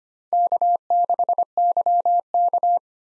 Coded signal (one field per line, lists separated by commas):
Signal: Morse code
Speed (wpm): 25 wpm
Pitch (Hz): 700 Hz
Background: none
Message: K6YK